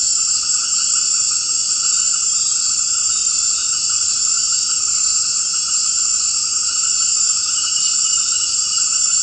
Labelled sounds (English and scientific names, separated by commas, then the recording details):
none
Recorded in secondary vegetation near Puerto Asís, Putumayo, Colombia, on 21 March 2025 at 18:30
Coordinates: 0.502, -76.326
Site G100